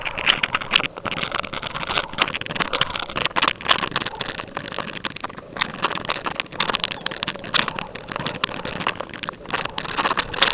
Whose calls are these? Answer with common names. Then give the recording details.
Lapland Longspur. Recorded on Arctic tundra, site UTQI-5, on 12 June 2019. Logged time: 00:00